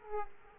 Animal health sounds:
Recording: mosquito wingbeat signal from an infrared sensor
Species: Aedes aegypti

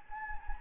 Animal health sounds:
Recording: mosquito wingbeat signal from an infrared sensor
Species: Anopheles gambiae

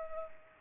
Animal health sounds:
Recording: mosquito wingbeat signal from an infrared sensor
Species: Culex pipiens

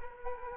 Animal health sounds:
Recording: mosquito wingbeat signal from an infrared sensor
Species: Culex quinquefasciatus

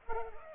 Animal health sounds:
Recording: mosquito wingbeat signal from an infrared sensor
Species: Culex pipiens

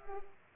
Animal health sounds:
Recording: mosquito wingbeat signal from an infrared sensor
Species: Culex pipiens

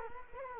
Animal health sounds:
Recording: mosquito wingbeat signal from an infrared sensor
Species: Culex quinquefasciatus

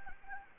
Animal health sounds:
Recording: mosquito wingbeat signal from an infrared sensor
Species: Anopheles gambiae

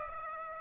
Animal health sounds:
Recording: mosquito wingbeat signal from an infrared sensor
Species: Aedes aegypti

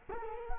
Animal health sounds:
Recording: mosquito wingbeat signal from an infrared sensor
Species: Culex quinquefasciatus

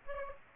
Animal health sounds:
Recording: mosquito wingbeat signal from an infrared sensor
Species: Aedes aegypti

